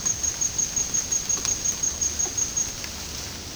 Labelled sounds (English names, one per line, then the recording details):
none
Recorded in dense forest near Puerto Asís, Putumayo, Colombia, on 18 February 2024 at 14:00
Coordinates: 0.503, -76.322
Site G6418